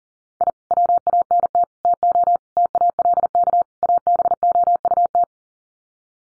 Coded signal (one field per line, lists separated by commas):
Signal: Morse code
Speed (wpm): 40 wpm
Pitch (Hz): 700 Hz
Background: none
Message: I WANT TO TALK ABOUT